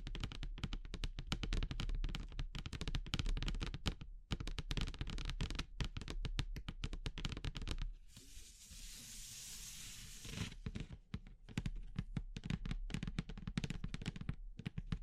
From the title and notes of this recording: ASMR Relaxing Natural Triggers Wood, Bamboo and Straw (No Talking).